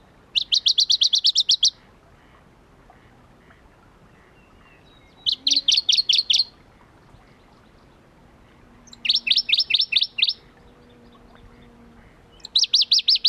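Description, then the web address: Shrub frog calling in bursts of rapid, high clicking pulses, each series lasting about one to one and a half seconds, repeated every four seconds or so over low background hum. Recorded at Kuda on 28 June 2012. "June 28 2012 Phfuscatus Kuda"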